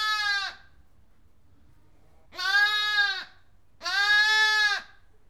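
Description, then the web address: Sheep: lamb bleating in three separate bleats, each up to about a second long with rich harmonics, spaced by pauses over quiet low background hum. One lamb bleating in a barn. "BBC Sound Effects Library. One Lamb Bleating In Barn"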